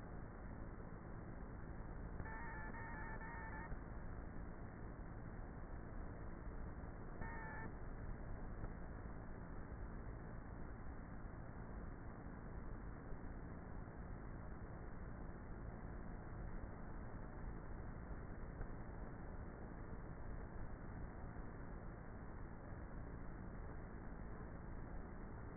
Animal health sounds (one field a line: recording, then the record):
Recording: honeybee colony, microphone inside the hive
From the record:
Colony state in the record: queenless with a low population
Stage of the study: before two queens were removed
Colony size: about 30,000 bees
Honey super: no